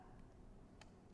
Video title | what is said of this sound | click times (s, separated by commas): Crossbow and Bow Shooting Safety | You guys might have heard that click. That means that arrow is nice and steady in that bowstring. | 0.8 s